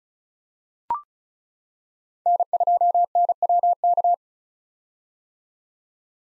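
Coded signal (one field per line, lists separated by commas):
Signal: Morse code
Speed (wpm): 36 wpm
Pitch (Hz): 700 Hz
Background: none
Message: N2NWK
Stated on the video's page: Morse head-copy drill at 35 wpm of common 2023 POTA activator callsigns, each sent, spoken, then sent again.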